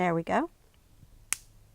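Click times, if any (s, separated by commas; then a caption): 1.3 s. A plastic frame piece for polymer clay work is lined up and pushed down into a channel-shape frame while someone talks. It snaps into place with a single sharp, loud click at 1.3 s, and the piece is seated.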